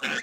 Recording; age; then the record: pig call; piglet (1 to 25 days)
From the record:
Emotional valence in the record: negative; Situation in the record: short isolation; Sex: male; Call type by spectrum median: low-frequency call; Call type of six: low-frequency tonal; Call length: 0.23 s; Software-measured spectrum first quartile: 1310 Hz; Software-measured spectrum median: 1936 Hz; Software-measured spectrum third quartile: 2903 Hz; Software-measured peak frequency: 1497 Hz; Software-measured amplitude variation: 121 dB a second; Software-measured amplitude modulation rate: 19.6 a second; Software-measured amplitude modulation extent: 6.2 dB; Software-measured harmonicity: 0.0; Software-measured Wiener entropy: -1.19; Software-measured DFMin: 1025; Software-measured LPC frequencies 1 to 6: 1566, 2598, 3454, 5546, 6282, 7096 Hz